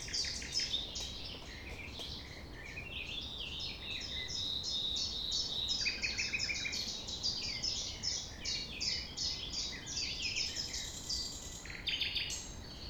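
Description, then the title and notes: Common nightingale song: rapid, unbroken series of high chirps and clipped notes, varied in pitch, with a brief lower buzzy passage mid-way over constant low rumble. Sung at sunrise, 6 a.m., near the Thève river at Champ de Ménage; the nightingale sings without waiting for silence. "6 A.M. Lever du soleil non loin de la Thève au Champ de Ménage. Le rossignol n'attend pas le silence."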